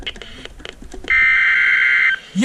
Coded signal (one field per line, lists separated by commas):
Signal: Emergency Alert System (SAME) tones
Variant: header bursts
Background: speech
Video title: Many Missed Alerts | EAS Alerts From 6/21/20 thru 6/24/20 | EAS #81.5-87